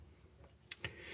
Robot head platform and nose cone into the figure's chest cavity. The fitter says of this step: should line up and that the nose cone should snap into place and then just make sure that the head on that orange platform is secure